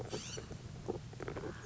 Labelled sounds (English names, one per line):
California Scrub-Jay